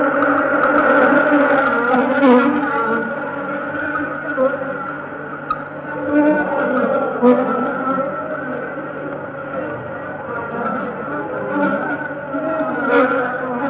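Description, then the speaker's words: Honey bees' wing beats, a dense continuous droning buzz of many insects, steady throughout. Honey bee workers with drones, recorded just outside the flight board of an ordinary hive; workers give the higher-pitched wing beat, drones an occasional deeper note. "You will hear the higher pitched workers' wing beat with an occasional deeper note of a drone."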